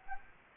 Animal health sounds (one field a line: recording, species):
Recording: mosquito wingbeat signal from an infrared sensor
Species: Anopheles gambiae